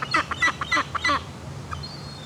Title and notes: Parc Leopold, 8400 Oostende, Belgique. Seagulls eating bread, fountain, distant traffic. Des mouettes en nombre mangent du pain, bruit blanc de la fontaine, trafic automobile lointain